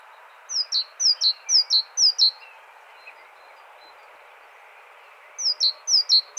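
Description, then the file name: Great tit song: four rapid high-low two-note phrases, a three-second pause, then the same see-saw phrase resumes a few more times over a soft steady hiss. "Parus major"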